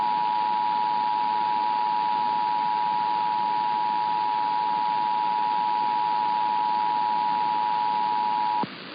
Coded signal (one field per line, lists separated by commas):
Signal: Emergency Alert System (SAME) tones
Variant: 853 and 960 Hz attention tone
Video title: Usual Monday Time Zone IPAWS Weeklies (EAS #16770-16777) 3/11/24